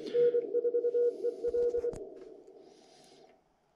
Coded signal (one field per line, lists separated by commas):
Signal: Morse code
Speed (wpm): 24 wpm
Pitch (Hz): 480 Hz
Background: none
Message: N4EL